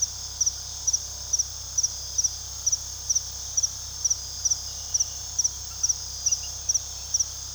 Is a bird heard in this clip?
no